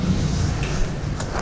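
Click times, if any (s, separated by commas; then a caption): none. Both drawstring cords of a fabric bag are threaded through the hole of a spring-loaded plastic cord stopper, which is then released to clamp and lock the cords. A steady low rumble runs throughout, with faint, brief higher-pitched handling sounds near 1.2 and 1.4 seconds. The clip ends before the stopper goes home, so nothing has seated yet.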